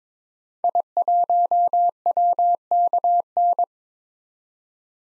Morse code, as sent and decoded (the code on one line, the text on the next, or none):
.. .---- .-- -.- -.
I1WKN